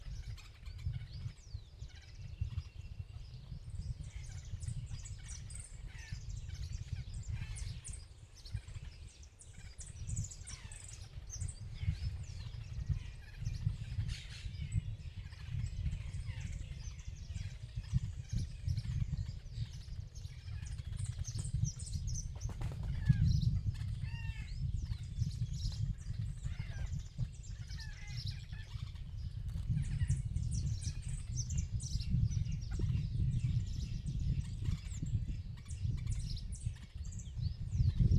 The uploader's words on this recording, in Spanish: Pajaritos en el campo. Lo puse a grabar en el campo, se escucha hasta el viento...